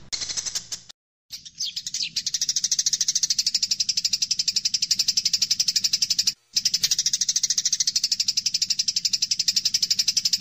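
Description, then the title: Eurasian tree sparrow delivering a long, fast series of high, buzzy chirps after a few scattered opening notes, interrupted by two short silences. Tree sparrow chirping persistently in dense, rapid 'nyecret' chirps; masteran recording used to tutor songbirds such as Medan white-rumped shama and greater green leafbird. "Burung Gereja Gacor Nyecret Rapat !!! Masteran Burung Murai Batu Medan, Cucak Ijo Dll."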